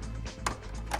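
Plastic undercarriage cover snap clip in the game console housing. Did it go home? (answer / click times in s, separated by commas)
released / 0.5 s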